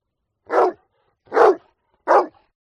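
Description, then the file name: Dog barking three times, deep full woofs evenly spaced under a second apart. "audio hero Dog"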